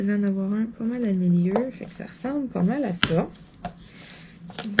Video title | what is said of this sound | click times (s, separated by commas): VLOG Finalisation Lampe LED GBFKE 💎 -Diamond Painting- | avez entendu, là, ça se clipse. Donc là, c'est bien fermé. | 4.8 s